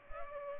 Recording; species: mosquito wingbeat signal from an infrared sensor; Culex pipiens